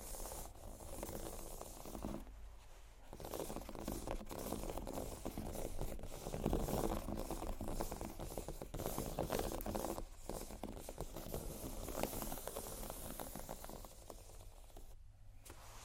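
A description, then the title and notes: Dry scratching and tapping on textured bag surfaces, a dense run of crisp rasping strokes with quick clicks mixed in. The scratching pauses briefly near 2, 10 and 15 seconds and swells louder around the middle, with a faint low hum underneath. ASMR Scratch & Tap on Textured Bags Studded vs Crocodile(No Talking).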